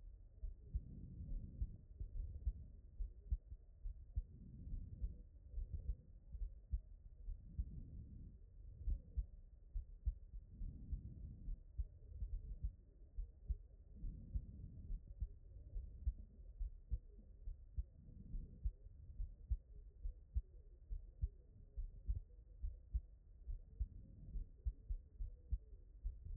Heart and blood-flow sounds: heart sounds by stethoscope; pulmonary valve (PV)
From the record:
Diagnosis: HFrEF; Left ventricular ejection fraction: 39%

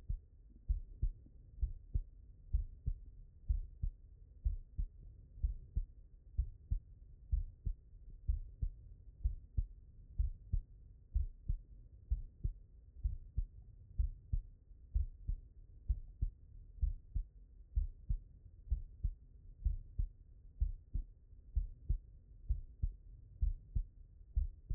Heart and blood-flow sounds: heart sounds by stethoscope; mitral valve (MV)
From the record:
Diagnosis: non-HFrEF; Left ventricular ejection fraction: 63%

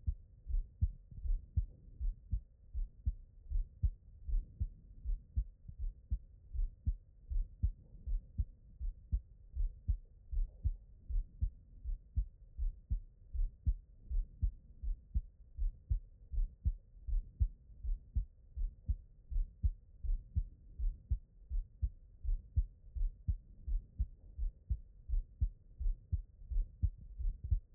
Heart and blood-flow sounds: heart sounds by stethoscope; pulmonary valve (PV)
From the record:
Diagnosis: non-HFrEF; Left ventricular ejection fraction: 62%

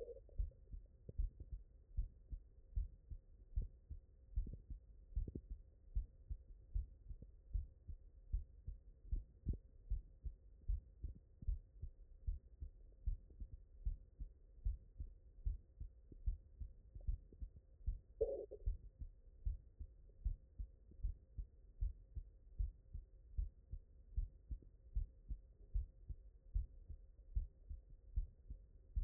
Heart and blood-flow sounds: heart sounds by stethoscope; mitral valve (MV)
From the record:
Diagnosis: non-HFrEF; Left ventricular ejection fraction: 66%

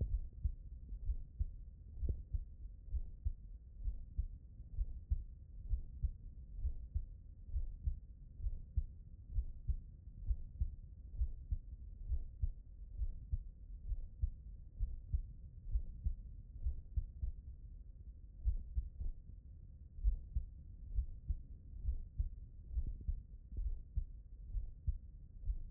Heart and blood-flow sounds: heart sounds by stethoscope; pulmonary valve (PV)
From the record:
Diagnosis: non-HFrEF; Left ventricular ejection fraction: 58%

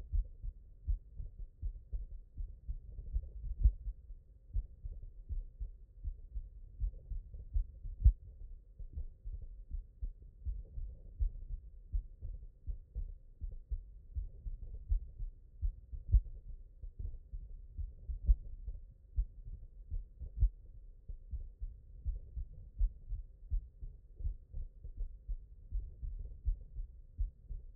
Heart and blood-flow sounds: heart sounds by stethoscope; mitral valve (MV)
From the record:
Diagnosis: non-HFrEF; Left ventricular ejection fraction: 72%

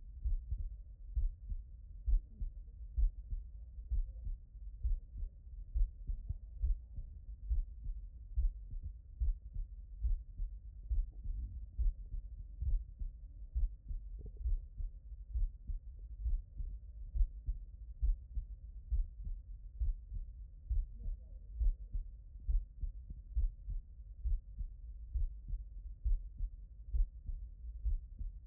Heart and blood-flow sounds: heart sounds by stethoscope; tricuspid valve (TV)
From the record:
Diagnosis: non-HFrEF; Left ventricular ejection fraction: 43%

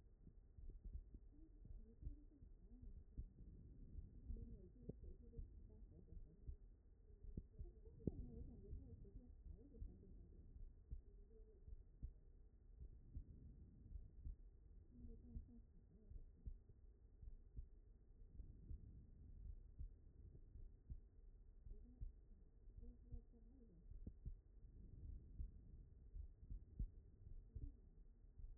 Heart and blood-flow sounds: heart sounds by stethoscope; aortic valve (AV)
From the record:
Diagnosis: non-HFrEF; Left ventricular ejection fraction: 68%

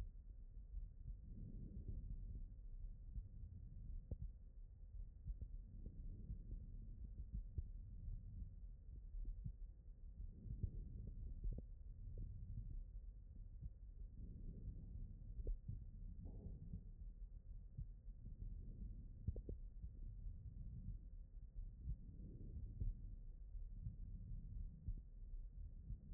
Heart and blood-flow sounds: heart sounds by stethoscope; aortic valve (AV)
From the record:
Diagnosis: non-HFrEF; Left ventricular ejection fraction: 74%

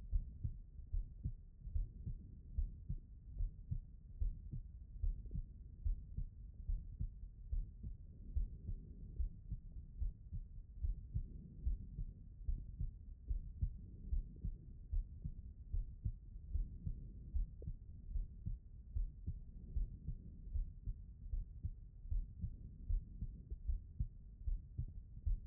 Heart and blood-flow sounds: heart sounds by stethoscope; pulmonary valve (PV)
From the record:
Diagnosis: non-HFrEF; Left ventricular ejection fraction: 61%

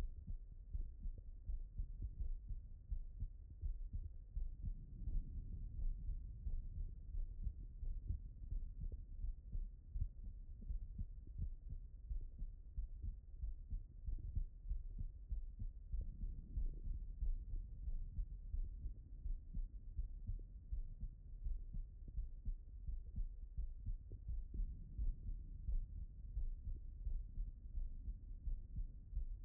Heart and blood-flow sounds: heart sounds by stethoscope; pulmonary valve (PV)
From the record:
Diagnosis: non-HFrEF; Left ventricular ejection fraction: 58%

